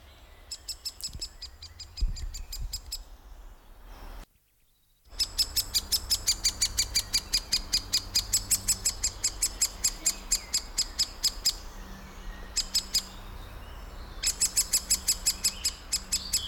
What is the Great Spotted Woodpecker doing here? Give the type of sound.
call